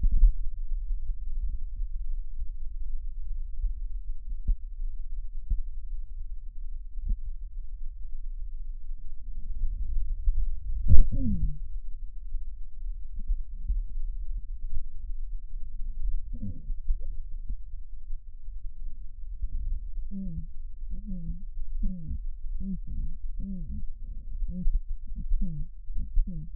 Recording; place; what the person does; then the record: lung sounds by stethoscope; right posterior basal chest; quiet breathing, then cough and speech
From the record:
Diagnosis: interstitial lung disease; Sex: female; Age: 72 years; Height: 153 cm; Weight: 71 kg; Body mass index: 30.3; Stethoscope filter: bell mode